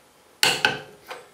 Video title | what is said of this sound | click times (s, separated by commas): Yamaha Road Star Front Pulley Nut | torque it till you hear your bar click | 0.4 s, 0.7 s